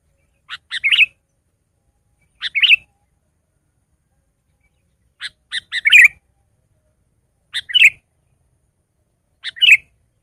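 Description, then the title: Sooty-headed bulbul delivering five short chirping phrases, each of a few quick notes ending in a warble, about every two seconds. "kutilang"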